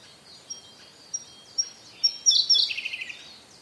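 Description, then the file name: Siberian blue robin song: thin ticks growing louder, then a short, dense, high trill fading away. "koruri"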